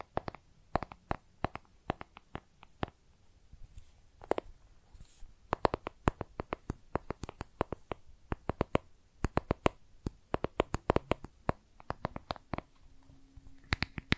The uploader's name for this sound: Makeup Tapping & Scratching Sounds